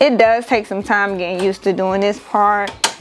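An 8-in-1 hoop frame is being handled and slid onto the arm brackets of a Ricoma EM1010 10-needle embroidery machine while someone talks. Faint handling noise sits under the voice. Nothing has seated or clicked yet.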